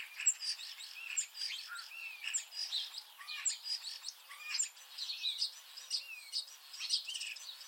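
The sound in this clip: Eurasian starling song, a steady stream of rapid clicks, squeaks and short whistled notes without pause.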